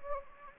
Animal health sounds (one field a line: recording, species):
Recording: mosquito wingbeat signal from an infrared sensor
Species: Anopheles gambiae